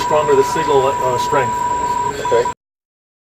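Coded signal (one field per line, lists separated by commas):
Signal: PSK31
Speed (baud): 31.25 baud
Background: speech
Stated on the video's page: Amateur radio club Reverse Beacon Network exercise during the solar eclipse.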